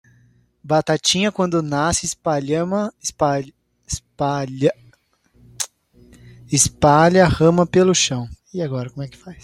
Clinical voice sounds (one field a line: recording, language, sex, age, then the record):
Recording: short text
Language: Brazilian Portuguese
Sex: male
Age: 20 to 29 years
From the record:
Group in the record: control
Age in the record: 25 years